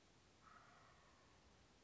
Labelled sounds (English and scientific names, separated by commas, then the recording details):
Wild Turkey (Meleagris gallopavo)
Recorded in Sonoma County, California